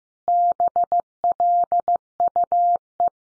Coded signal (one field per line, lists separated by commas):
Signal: Morse code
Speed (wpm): 15 wpm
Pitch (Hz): 700 Hz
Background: none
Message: BLUE